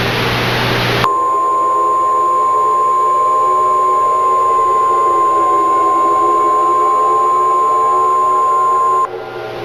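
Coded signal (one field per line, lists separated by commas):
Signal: Emergency Alert System (SAME) tones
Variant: 1050 Hz attention tone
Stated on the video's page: EAS tones used in a film.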